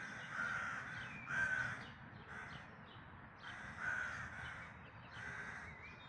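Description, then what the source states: Bird calling with rough, drawn-out caws, five spaced notes with brief pauses between them. Dawn chorus recorded in May 2026.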